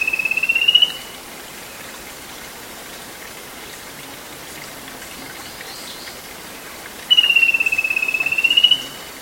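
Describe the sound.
Bird call: a sustained, finely pulsed high whistle at the start and another several seconds later, each fairly level in pitch, with a continuous background hiss.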